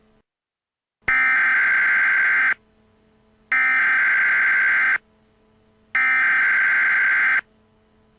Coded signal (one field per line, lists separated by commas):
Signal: Emergency Alert System (SAME) tones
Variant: header bursts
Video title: EAS Test: Severe Thunderstorm Warning for State College, PA